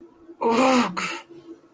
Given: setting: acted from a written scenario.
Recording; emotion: vocal sound without words; disgust